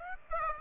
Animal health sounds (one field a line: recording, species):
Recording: mosquito wingbeat signal from an infrared sensor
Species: Aedes aegypti